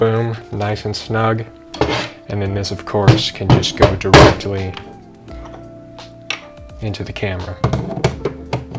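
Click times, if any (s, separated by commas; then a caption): none. Someone talks over background music while handling a Nikon lens already fitted to its Micro Four Thirds adapter, bringing it toward the lens mount of a Blackmagic Pocket Cinema Camera 4K. Light handling knocks and taps are heard, sharpest near 6.3 and 8.5 seconds. Nothing has seated or locked into the mount yet.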